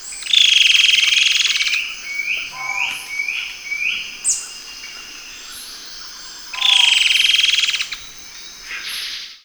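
A bird gives loud, buzzy, rapid trills a second or more long, twice, with a run of short rising chirps and brief whistles between them.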